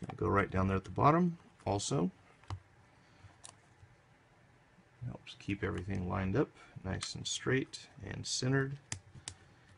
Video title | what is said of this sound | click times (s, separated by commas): iPhone 5 Housing Replacement Part 1 | And those all do kind of pop into place, although that one didn't sit | 9.3 s